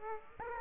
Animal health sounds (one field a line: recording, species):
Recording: mosquito wingbeat signal from an infrared sensor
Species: Aedes aegypti